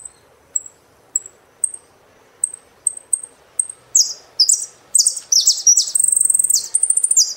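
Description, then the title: Saffron finch song: single high chips spaced about half a second apart speed up into a tumbling run of sharp notes and a brief buzzy trill. "Jilguero Argentino"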